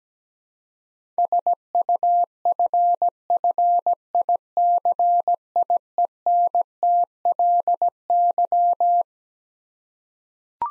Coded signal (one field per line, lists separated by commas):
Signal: Morse code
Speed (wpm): 17 wpm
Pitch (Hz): 700 Hz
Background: none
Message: SUFFICIENTLY